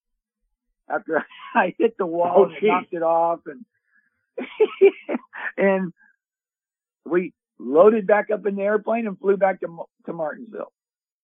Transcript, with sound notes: after (laughs) I hit the wall-
Oh, geez.
... and knocked it off, and (laughs) and we loaded back up in the airplane and flew back to M- to Martinsville.